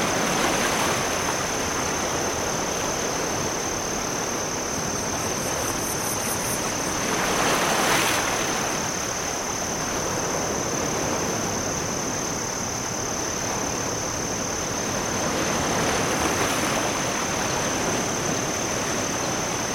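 Waves wash onshore in a steady, dense roar, swelling around eight seconds and again near sixteen seconds. A thin, constant high whine of crickets runs over the surf throughout, with a brief rapid chirping near the six-second mark.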